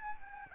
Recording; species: mosquito wingbeat signal from an infrared sensor; Aedes albopictus